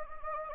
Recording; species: mosquito wingbeat signal from an infrared sensor; Anopheles gambiae